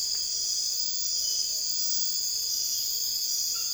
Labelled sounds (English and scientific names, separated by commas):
none